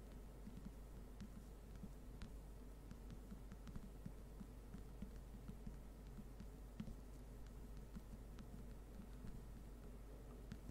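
Slow, rain-like tapping made of small, irregular clicks scattered across the whole stretch, a few landing sharper than the rest around the 2, 4 and 7 second marks. Underneath runs a steady low hum with a soft throbbing pulse that never lets up.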